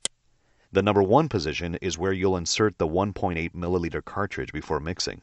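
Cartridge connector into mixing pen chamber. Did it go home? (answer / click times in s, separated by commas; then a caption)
yes / 0.1 s. A plastic cartridge connector, its arrow lined up with the number one position on a mixing pen's chamber, is pushed in about a quarter inch and gives a sharp, short click at 0.05 s as it seats. After a brief silence, someone talks for the rest of the clip.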